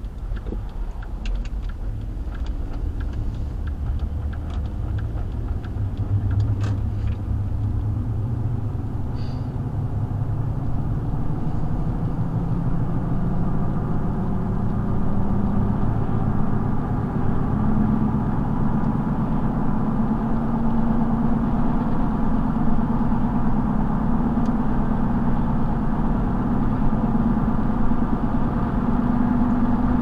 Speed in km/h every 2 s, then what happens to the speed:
16, 23, 26, 34, 42, 52, 60, 64, 69, 74, 77, 79, 77, 81, 82.
0-20 speeds up to 77. 20-30 steady at about 79.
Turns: 0-6.